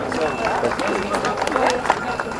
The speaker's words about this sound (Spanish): Fuerte el aplauso para la Escuela Municipal de Artes y el Ballet Folclórico Oficial.